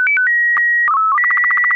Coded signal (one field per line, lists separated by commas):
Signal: SSTV (slow-scan television)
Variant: Robot BW 8